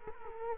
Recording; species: mosquito wingbeat signal from an infrared sensor; Culex quinquefasciatus